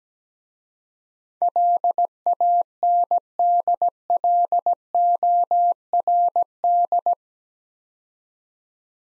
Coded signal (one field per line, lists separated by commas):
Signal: Morse code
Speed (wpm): 17 wpm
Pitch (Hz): 700 Hz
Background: none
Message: LANDLORD